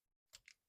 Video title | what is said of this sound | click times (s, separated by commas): Review of the Ninjor action figures from Masters of the Universe Masterverse New Eternia by Mattel | All right, that pops off | 0.4 s, 0.5 s